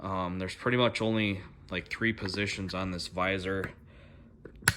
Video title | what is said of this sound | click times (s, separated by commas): AGV PISTA GP RR IRIDIUM CARBON HELMET VS BELL RACE STAR SECTOR HELMET | push it down a little bit till it clicks on one spot, so it leaves a little bit of a gap underneath it, and then there's the | 4.7 s